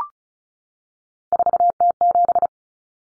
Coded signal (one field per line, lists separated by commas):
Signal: Morse code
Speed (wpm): 34 wpm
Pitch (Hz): 700 Hz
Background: none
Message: 4T7